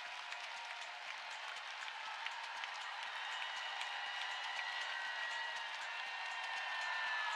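Steady audience applause fills the whole stretch, a dense, even wash of many hands clapping at a constant moderate level with no voices cutting through.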